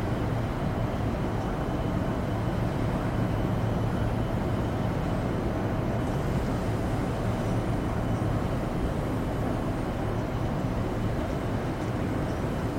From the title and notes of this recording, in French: Vol Spatial | Ambiance Cabine de Navette pour un Sommeil Profond.